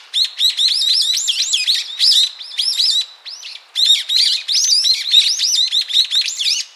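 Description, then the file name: Brown-eared bulbul calls: a rapid, dense run of shrill arched chirps mixed with sharp high ticks, broken by one short pause near the middle. "Ixos amaurotis"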